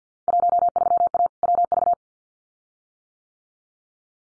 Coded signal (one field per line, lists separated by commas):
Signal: Morse code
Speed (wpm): 50 wpm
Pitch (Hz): 700 Hz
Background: none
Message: 13A WV